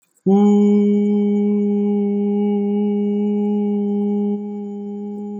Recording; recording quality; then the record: sustained vowel as in boot; excellent, no background noise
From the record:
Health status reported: healthy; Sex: male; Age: 33 years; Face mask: not worn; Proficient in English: yes